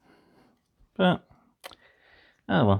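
A plastic brick component is handled and pressed toward its place in a plastic brick starship model assembly while someone talks. Brief sharp ticks of handling sound come at about 1.7 s. Nothing has seated or clicked into place yet.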